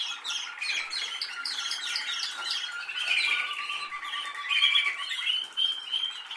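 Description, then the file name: Canary in full song: busy chattering trills over lower rolling notes. "Canary Voice"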